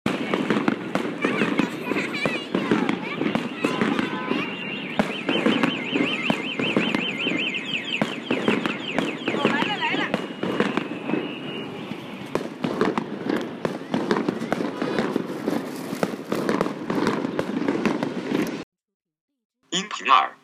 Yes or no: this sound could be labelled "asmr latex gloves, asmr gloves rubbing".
no